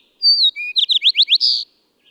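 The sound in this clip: A bird sings a single phrase: a long high whistle, a low steady whistle, a fast series of upslurred notes, and a harsh buzzy ending.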